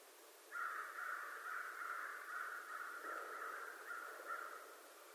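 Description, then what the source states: American crow caws starting after a brief quiet moment, then a steady run of hoarse, rapid caws. Recorded 25 November 2011.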